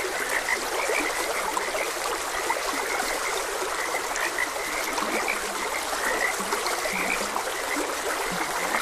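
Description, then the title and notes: Frogs giving short, high croaks plus occasional low grunting notes, spread throughout beneath a loud, steady stream rush. Frogs croaking beside a gentle stream. "Frogs Croaking. Sleep and Relaxation Podcast"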